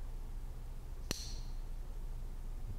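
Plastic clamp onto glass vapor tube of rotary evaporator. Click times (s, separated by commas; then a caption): 1.1 s. A small plastic clamp is fitted onto the glass vapor tube of a PolyScience rotary vacuum evaporator, with its grooves lined up to a notch in the glass. It snaps into position with a single sharp, bright click at 1.1 s, followed by a brief high ringing over a low steady background hum. The clamp is seated in the right position.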